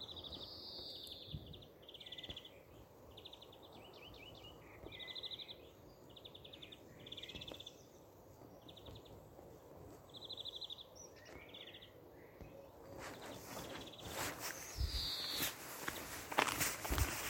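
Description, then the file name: European greenfinch calls: short rattling trill bursts repeated every second or so, then footsteps and rustling take over toward the end. "Chloris chloris"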